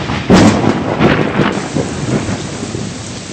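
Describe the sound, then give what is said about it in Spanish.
A loud crack of thunder breaks out and rumbles low through a valley between mountains near the Cerro de las Lágrimas, giving way to a steady, dense hiss of heavy rain pouring down without a pause. “cuando al llegar a una de las últimas curvas, un trueno hizo retumbar el valle entre montañas en el que ahora nos encontrábamos, y segundos después una tupida lluvia descargó sobre nosotros.”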